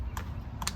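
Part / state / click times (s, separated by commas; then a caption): video doorbell onto its wall mounting bracket / seated / 0.6 s, 0.7 s. A Eufy dual-camera battery/wired video doorbell is fitted onto its plastic wall mounting bracket, bottom hooked in first and then the top pushed in, over a low background rumble with a brief tap at about 0.2 seconds. Two sharp snaps at 0.6 and 0.7 seconds mark the top clicking into place, and the doorbell is seated and mounted on the bracket.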